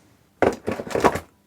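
A SW-Motech Pro Daypack tank bag is chucked onto the quick-release tank ring on the fuel tank of a Moto Guzzi V85 TT. Its base snaps into place with a single loud thunk at 0.4 s, followed by about a second of softer, fading sound. The bag is seated on the ring.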